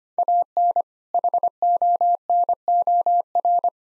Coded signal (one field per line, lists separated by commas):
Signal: Morse code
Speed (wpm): 25 wpm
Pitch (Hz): 700 Hz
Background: none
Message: AN HONOR